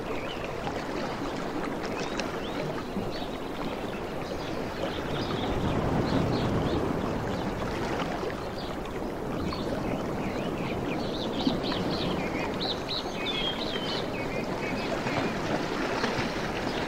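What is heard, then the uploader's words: Soft beach surf makes a steady, dense wash throughout, swelling gently around six seconds and again near twelve. Birds chirp and twitter above it off and on, most busily in the second half. Softest Beach Sounds from the Tropics. Ocean sounds of waves.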